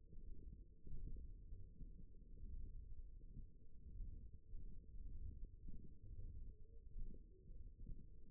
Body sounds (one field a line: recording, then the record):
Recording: forearm muscle sounds (acoustic myography)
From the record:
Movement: ulnar deviation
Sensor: system 1, eight BSWA MPA416 microphones around the upper forearm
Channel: 4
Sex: male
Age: 23 years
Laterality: right